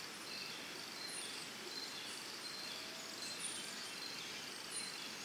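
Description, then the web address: Crickets trilling in a steady high band, with short high chirps scattered through and a constant background hiss. Early morning in Costa Rica, forest and jungle ambience. "Big Room Sound Birds Crickets Costa Rica Early Morning"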